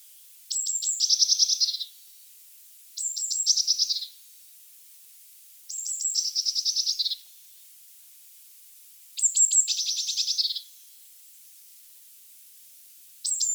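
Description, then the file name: Eurasian blue tit calls: high thin notes running into a buzzy churring trill, repeated several times with pauses of a few seconds. "Cyanistes caeruleus"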